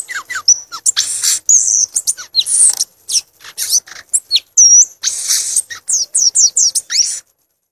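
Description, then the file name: Violaceous euphonia song: quick high chirps and thin whistled notes, some sliding down, in rapid bursts; a few brief downward-swept notes near the end. "canto do gaturamo verdadeiro"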